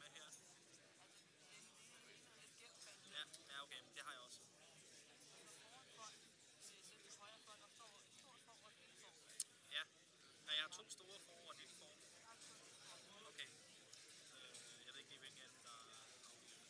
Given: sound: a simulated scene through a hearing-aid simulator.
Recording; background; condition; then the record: conversation; cafeteria; -4 dB SNR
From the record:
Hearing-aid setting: standard clinical setting (NAL); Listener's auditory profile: C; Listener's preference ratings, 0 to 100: 79, 91, 8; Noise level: 65 dB SPL